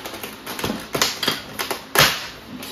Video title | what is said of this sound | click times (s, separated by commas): 🐝 How to assemble the Australian designed Hive IQ poly hive. Orara Valley Honey. 26/12/2023 | You can see that click into place. | 2.0 s